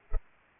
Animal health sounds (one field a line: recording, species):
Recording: mosquito wingbeat signal from an infrared sensor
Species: Culex pipiens